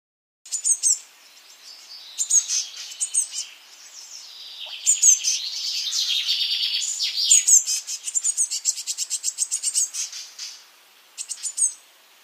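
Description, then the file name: Eurasian blue tit calls: high sharp notes at intervals, a sustained buzzy scold midway, then a fast run of evenly pulsed churring notes before a final high call. "Cyanistes caeruleus"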